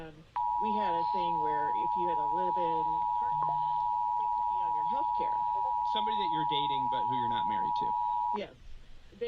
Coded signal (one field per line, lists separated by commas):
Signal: Emergency Alert System (SAME) tones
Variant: 853 and 960 Hz attention tone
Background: speech